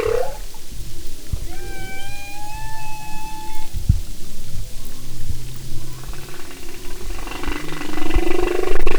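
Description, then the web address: Humpback whale song: a pure whistled tone with harmonics held for about two seconds, followed by a noisy rising swoop near the end, over constant low rumble. "Sound and Marine Mammals humpback"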